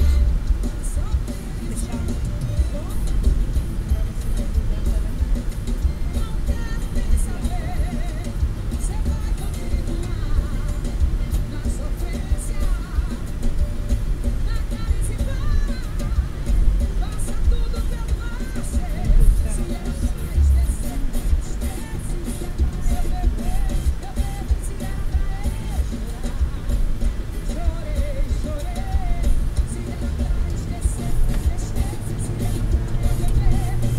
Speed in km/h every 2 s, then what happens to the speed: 63, 63, 62, 63, 65, 63, 64, 65, 64, 63, 63, 63, 63, 63, 64, 68, 77.
0-27 steady at about 63. 27-34 speeds up to 77.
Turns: none.